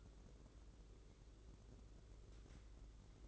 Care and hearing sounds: daily activity, microphone in the room; take from stove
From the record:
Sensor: 3

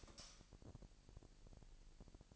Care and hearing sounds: daily activity, microphone in the room; light off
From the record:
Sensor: 5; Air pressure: 1002.0 hPa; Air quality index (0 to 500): 229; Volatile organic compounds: 32 ppm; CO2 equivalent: 2996 ppm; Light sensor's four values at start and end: 16/38/15/17 and 15/36/15/16

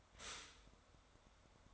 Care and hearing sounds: daily activity, microphone in the room; stop toaster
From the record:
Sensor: 3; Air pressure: 1014.7 hPa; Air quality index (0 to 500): 197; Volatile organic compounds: 24 ppm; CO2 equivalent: 2819 ppm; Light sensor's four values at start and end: 4/11/4/4 and 4/11/4/4

